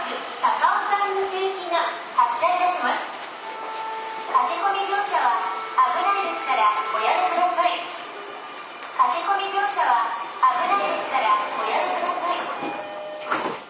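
Aboard a Toei 10-300 series train, a woman's voice speaks in steady phrases, with brief pauses around four and eight seconds. Thin, steady tones hum beneath her words throughout, and the sound carries almost no deep rumble.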